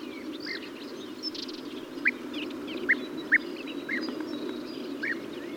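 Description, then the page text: European bee-eater calls, a handful of separate short rolling notes spaced irregularly, up to about a second apart, over a steady low rumble and faint high twittering. "European Bee-eater (Merops Apiaster). KÜRE Encyclopedia"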